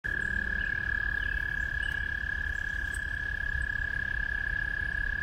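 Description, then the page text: American toad giving a sustained, even, high-pitched trill without pause, with a low rumble of background noise underneath. Recorded in Maryland. "American Toad by Anne DeNovo via iNaturalist"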